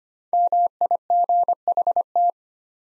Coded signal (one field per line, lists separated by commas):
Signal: Morse code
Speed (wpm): 25 wpm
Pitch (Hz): 700 Hz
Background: none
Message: MIGHT